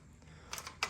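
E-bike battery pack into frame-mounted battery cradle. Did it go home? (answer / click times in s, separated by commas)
yes / 0.8 s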